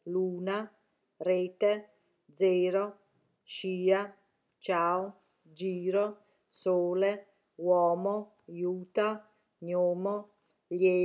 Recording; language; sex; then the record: read list of words; Italian; female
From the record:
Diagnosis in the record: healthy control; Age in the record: 61 years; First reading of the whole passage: 59 s, 8.5 characters per second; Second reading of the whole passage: 54 s, 7.6 characters per second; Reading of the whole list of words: 57 s, 4.9 characters per second